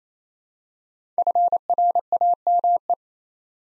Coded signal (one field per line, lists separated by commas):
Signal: Morse code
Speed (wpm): 27 wpm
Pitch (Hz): 700 Hz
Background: none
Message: FRAME